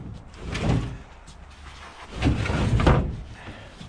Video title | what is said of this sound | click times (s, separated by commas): WE BOUGHT a SIDE by SIDE for Our FARM | hook grabs down there and locks in place boom | 2.8 s, 2.9 s